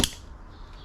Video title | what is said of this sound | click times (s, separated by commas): NavPod21 Install on KTM 1290 Super Adventure | You're just going to push until it snaps back into place. | 0.0 s